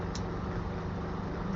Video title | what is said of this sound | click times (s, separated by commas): Double Team:Dino Stegazord | bulk of the figure flip them back until they click in | 0.1 s